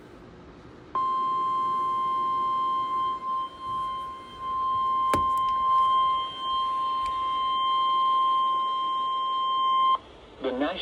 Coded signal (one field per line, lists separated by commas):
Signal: Emergency Alert System (SAME) tones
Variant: 1050 Hz attention tone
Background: speech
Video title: Severe Thunderstorm Warning (EAS #94)